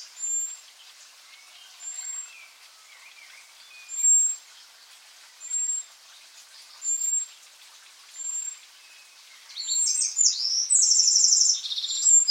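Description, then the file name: Eurasian wren, a rapid, scratchy, high trilling burst near the end, after a series of thin, very high, even whistles repeated every couple of seconds. "Troglodytes troglodytes"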